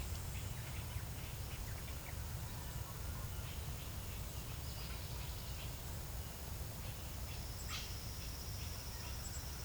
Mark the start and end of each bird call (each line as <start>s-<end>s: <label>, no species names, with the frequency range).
0.20s-2.23s: bird call (1.2-4.5 kHz)
3.37s-5.71s: bird call (1.9-6.4 kHz)
6.66s-7.92s: bird call (0.9-7.9 kHz)